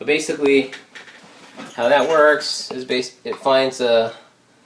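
The male quick-disconnect plate on a polymer holster is being handled toward the female receiver on a drop-leg platform while someone talks throughout. No click is heard, and the plate has not seated or snapped in yet.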